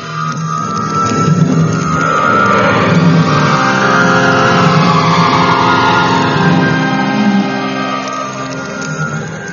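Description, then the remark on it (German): A car engine revs up with rising, throaty harmonics, then settles into a steady loud drone as the car pulls away in London at about 10 pm, fading slightly at the end. No voices are heard. “Dort steht mein Wagen. Steigen Sie ein.”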